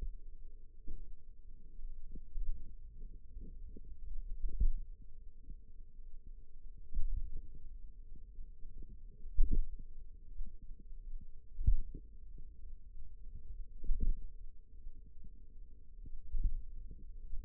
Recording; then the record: forearm muscle sounds (acoustic myography)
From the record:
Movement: pen grasping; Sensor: system 2, bracelet of six BSWA MPA416 microphones around the upper forearm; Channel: 4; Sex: female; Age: 22 years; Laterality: right